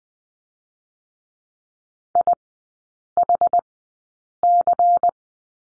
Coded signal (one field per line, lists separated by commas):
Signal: Morse code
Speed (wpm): 20 wpm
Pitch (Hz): 700 Hz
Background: none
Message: IHC